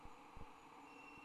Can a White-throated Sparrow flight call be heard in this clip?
no